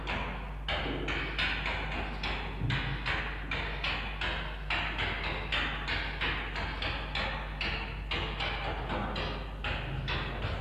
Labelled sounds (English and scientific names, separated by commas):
Red Fox (Vulpes vulpes)